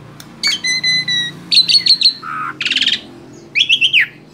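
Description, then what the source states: Asian pied starling song: steady whistled notes, clipped chirps, a low buzzy note, a rattling trill and a final run of quick notes, with faint background hum. Training recording (masteran) of song used to teach caged birds.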